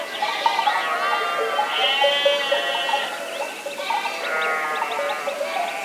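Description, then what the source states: Sheep bleating continuously, several animals calling over each other with tremulous, drawn-out cries. Sheep in an enclosure.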